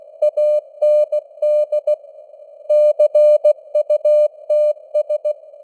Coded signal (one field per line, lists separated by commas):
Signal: Morse code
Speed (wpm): 16 wpm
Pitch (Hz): 600 Hz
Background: none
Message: AND CUTS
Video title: Morse Code News | 2025-10-20 | 16wpm